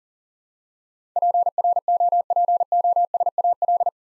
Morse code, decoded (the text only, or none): PROPOSAL